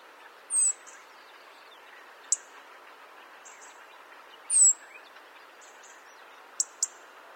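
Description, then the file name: European robin with two high thin downslurred whistles plus three sharp short ticking notes, one in between and two near the end, set against constant soft background hiss. "Erithacus rubecula"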